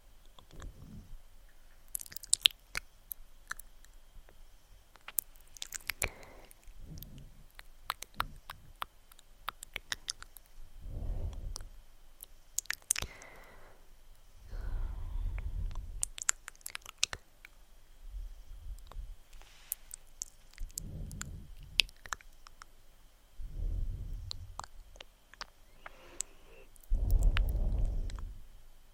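Soft mouth sounds with wet clicks and smacks come in short bursts every few seconds, alongside low muffled rubbing swells and a faint steady hum.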